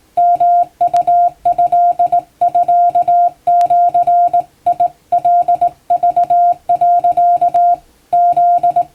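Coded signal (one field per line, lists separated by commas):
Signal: Morse code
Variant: Japanese Wabun code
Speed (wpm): 20 wpm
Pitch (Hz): 700 Hz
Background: none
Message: ヨウトミジカク、フ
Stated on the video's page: Hand-keyed Japanese Wabun Morse sent by a first-class radiotelegraph operator for receiving practice, using typing-test practice text; playback speed adjustable.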